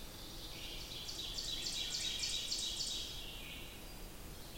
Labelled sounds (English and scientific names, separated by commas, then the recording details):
Ovenbird (Seiurus aurocapilla) song
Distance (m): 65 m
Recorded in boreal forest in Alberta, Canada, on 14 June 2016 at 06:17
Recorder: SongMeter 3, array SBT-3-33
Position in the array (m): 283 m, 288 m
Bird 22